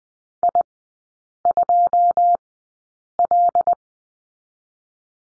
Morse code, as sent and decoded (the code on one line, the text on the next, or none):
.. ..--- .-..
I2L